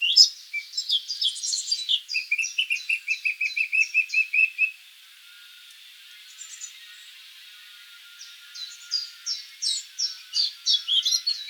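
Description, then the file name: Eurasian blackcap: rapid high chipping notes with a steady lower run, a quiet gap, then the high chipping resumes. "Sylvia atricapilla"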